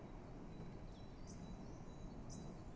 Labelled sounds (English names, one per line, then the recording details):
Great Tit
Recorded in Germany
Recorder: ecoPi